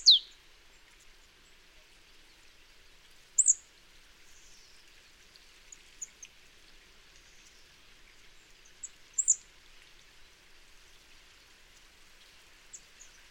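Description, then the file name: Marsh tit: sparse, brief high calls scattered across the recording, a slurred note at the start and short double chips a few seconds apart, with soft background hiss. "Poecile palustris"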